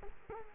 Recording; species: mosquito wingbeat signal from an infrared sensor; Culex quinquefasciatus